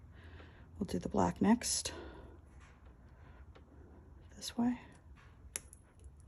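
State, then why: Seated. Someone talks while a black wire plug is pushed onto a board header. A sharp click is heard at 5.6 s, followed by a few fainter ticks. The connector clicks in and is seated.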